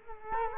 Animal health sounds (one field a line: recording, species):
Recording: mosquito wingbeat signal from an infrared sensor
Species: Culex quinquefasciatus